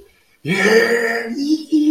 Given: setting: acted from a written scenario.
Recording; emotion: vocal sound without words; ecstasy